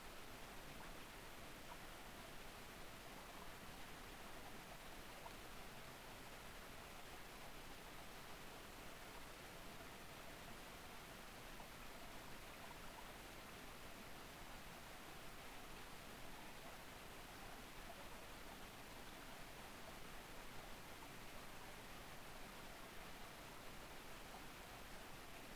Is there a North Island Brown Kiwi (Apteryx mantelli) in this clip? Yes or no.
no